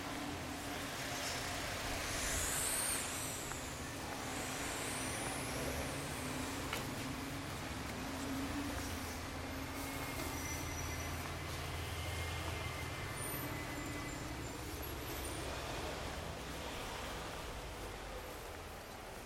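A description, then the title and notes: A soundwalk along a busy street, with a steady wash of traffic and engine rumble filling the whole stretch. Low idling tones hold underneath while a brief high squeal, perhaps brakes, rings out near the start and faint passing sounds drift through. Soundwalk in Margate. Recorded with handheld Sony PCM-A10.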